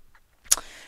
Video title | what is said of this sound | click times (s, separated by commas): How to Upgrade Your Computer's Power Supply (PSU) | the L the clip goes and you just push it in until it snaps and then make sure that's nice and tight | 0.5 s